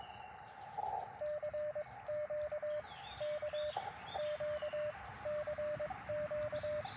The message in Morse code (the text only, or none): CQ K Q CQ